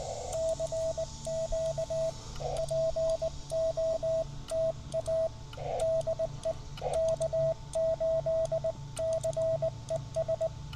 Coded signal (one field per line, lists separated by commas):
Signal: Morse code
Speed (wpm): 20 wpm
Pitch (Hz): 650 Hz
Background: radio noise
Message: CQ POTA DE K8CES